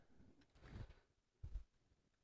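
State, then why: Not seated. A plastic brick piece is tried against the body of an X-Wing starfighter model to see whether it locks into place. Two bursts of low scraping and handling noise are heard, around 0.6 to 0.9 seconds and again around 1.4 to 1.6 seconds. Nothing has clicked or locked in yet.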